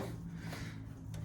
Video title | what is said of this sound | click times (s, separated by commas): EASY Headlight Bezel Replacement Jeep TJ | All right, that new chrome bezel should just snap into place. | 1.1 s